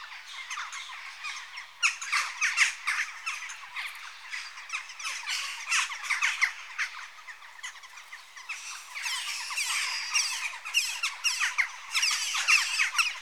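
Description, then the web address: Western jackdaws calling as a flock, a dense stream of short, sharp metallic chacks overlapping continuously, busier from about two seconds and again near nine seconds. Adult birds. "BBC Sound Effects Library (Birds) Jackdaw (Corvus Monedula) Adults"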